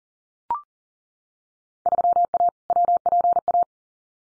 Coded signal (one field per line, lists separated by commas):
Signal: Morse code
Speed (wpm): 42 wpm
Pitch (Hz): 700 Hz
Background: none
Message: 3A WPA